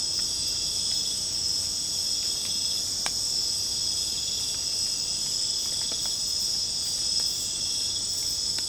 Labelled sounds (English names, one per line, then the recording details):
none
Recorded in secondary vegetation near Puerto Asís, Putumayo, Colombia, on 22 December 2024 at 21:00
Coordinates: 0.499, -76.323
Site G010